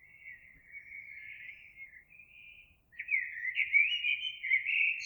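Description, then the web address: Eurasian blackbird song, a soft wavering fluty passage followed after a short break by a louder, richer warbled phrase rising toward a high squeak. Recorded 26 April 2022. "oiseaux Merle 2022 04 26"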